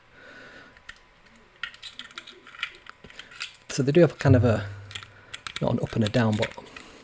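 A small DC gear motor is handled at its slot in a 3D-printed plastic robot chassis, making scattered short plastic taps and rattles while someone talks. Nothing has seated or clicked into place yet.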